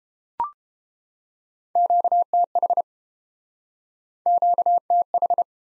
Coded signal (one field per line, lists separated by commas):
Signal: Morse code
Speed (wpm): 29 wpm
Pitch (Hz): 700 Hz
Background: none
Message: QTH QTH